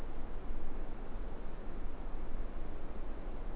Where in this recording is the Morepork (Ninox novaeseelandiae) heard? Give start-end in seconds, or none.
none